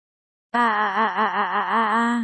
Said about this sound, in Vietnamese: Akainu tiếng hét thảm từ bên trong truyền ra. Lúc này đã bị hắc khí bao phủ Akainu chỉ cảm thấy trong người nóng rực.